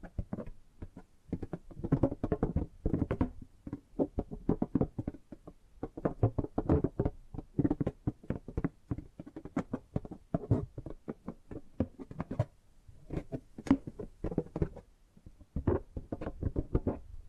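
Tapping and gripping sounds, a dense run of quick, irregular taps and knocks that continues without letup for the whole stretch. Most hits are dull and low, with occasional sharper, brighter clicks, and short rustling scrapes fill the gaps between bursts.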